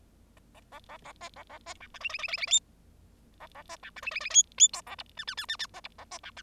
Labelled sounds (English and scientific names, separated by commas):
Bengalese Finch (Lonchura striata domestica) song